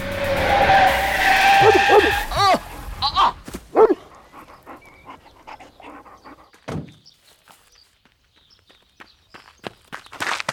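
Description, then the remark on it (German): A car driven recklessly skids, its tires screeching loudly for a couple of seconds before a crash of impacts, followed by scattered clattering, one heavy low thud, and a trail of faint knocks and rattles. “Sie sind aber auch gefahren wie ein Irrer.”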